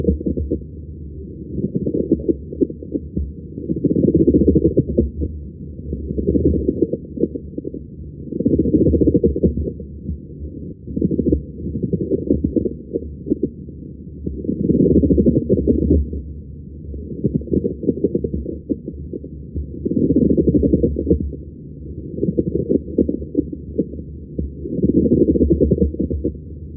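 Pleural friction rub heard over an adult chest through a stethoscope: repeated grating, creaking bursts rising and falling with breathing, low-pitched and confined below about 700 Hz.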